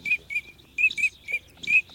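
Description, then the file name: Eurasian teal calling, several brief high whistled notes against a quiet background. "Чирок-свистунок Alzavola"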